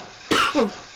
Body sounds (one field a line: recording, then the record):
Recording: coughing mixed with background sound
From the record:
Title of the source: 64 coughing, allergies, singing lungs